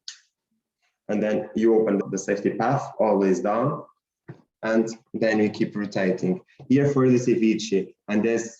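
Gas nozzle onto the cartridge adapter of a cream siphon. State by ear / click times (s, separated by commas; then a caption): seated / 0.1 s. A gas nozzle is placed onto the cartridge adapter of a cream whipping siphon and clicks into place with a single sharp snap at 0.1 s, seating it. After a brief silence, someone talks.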